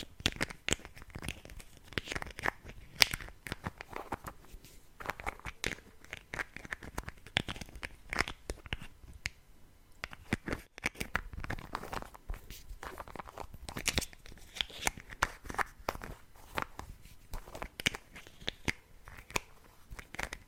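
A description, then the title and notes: Lid sounds: dense, irregular scraping and clicking clatter with sharp crinkly bursts and taps throughout, busiest around three and ten seconds. ASMR Lid Sounds.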